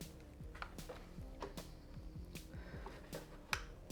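A heated-seat rocker switch is handled and pressed toward a hole drilled in a plastic body panel on a Honda GROM (MSX125) motorcycle, with light handling rustles and taps over a steady tonal background. The switch has not snapped in yet; nothing has seated.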